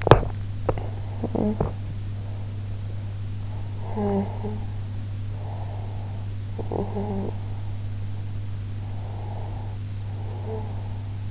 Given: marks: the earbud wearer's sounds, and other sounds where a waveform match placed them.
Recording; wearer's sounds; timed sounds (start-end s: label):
sounds in sleep by an in-ear microphone; swallowing, talking in sleep, breath
0.00-1.19 s: swallowing
1.20-1.97 s: talking in sleep
3.77-4.92 s: talking in sleep
5.40-7.27 s: breath
6.50-7.48 s: talking in sleep
8.82-11.31 s: breath
10.38-10.78 s: talking in sleep